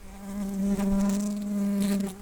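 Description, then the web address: Brown-banded carder bee buzzing, a steady low hum with a clear drone and stacked overtones lasting about two seconds before fading. Worker bumblebees. "Humilis workers"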